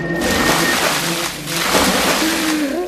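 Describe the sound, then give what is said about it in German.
Several buckets of water are poured over a man: water gushes and splashes down in two heavy, sustained pours, a loud rushing slosh with a brief lull between them and a faint wavering tone underneath. “Mehrere Eimer Wasser ergossen sich über ihn.”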